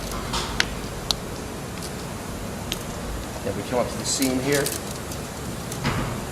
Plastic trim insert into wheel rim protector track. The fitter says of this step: get that in here that then click